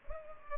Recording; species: mosquito wingbeat signal from an infrared sensor; Culex pipiens